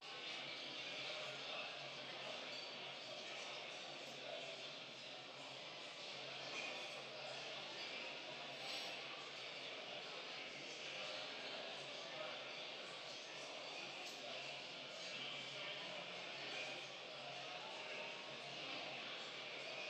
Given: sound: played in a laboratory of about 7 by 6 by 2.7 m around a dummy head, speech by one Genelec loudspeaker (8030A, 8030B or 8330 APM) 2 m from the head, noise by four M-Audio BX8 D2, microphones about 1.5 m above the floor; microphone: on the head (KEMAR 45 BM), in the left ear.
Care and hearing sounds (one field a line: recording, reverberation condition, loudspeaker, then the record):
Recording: cafeteria noise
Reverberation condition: high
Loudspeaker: four, about 170 cm from the corners of the room and facing them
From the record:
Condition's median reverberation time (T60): about 1300 ms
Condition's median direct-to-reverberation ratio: about -4.0 dB